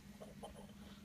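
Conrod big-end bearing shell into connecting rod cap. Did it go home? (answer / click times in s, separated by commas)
no / none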